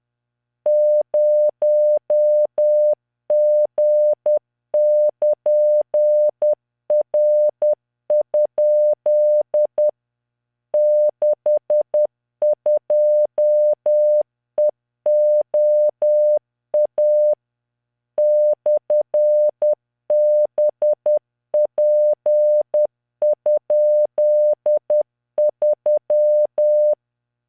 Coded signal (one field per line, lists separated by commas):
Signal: Morse code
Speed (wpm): 10 wpm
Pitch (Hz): 600 Hz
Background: none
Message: 0G<KN>R? 62EOA /BP?3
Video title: tamanのモールス練習動画28（モールス信号 速度10WPM morse code)